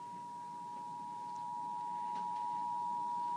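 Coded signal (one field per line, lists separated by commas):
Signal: Emergency Alert System (SAME) tones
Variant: 853 and 960 Hz attention tone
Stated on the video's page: Severe thunderstorm warning.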